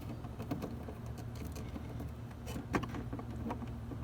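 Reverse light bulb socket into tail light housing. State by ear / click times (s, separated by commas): not seated / none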